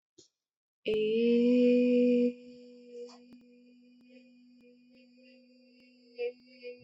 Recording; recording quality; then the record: sustained vowel as in made; excellent, no background noise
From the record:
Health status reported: healthy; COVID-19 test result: not tested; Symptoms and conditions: none ticked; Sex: female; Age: 27 years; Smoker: not ticked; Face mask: not worn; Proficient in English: yes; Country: India